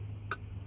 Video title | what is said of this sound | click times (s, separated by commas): TPMS Still Not Working? This Will Fix it. Toyota Sienna Tire Pressure Sensor Receiver / Antenna DIY | you got that in you hear the click let means in | 0.3 s